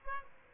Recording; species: mosquito wingbeat signal from an infrared sensor; Aedes aegypti